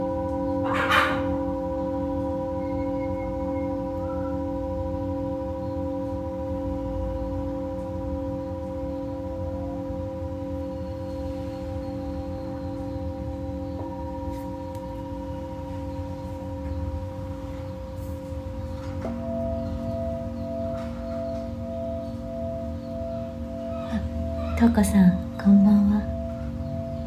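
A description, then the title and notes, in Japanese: Tibetan singing bowls ring with long, steady overlapping tones, a soft strike near the start and brief rattling touches around twenty-five seconds. メキシコからチベタンシンギングボウルのサウンドヒーリングライブ。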